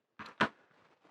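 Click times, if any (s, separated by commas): 0.4 s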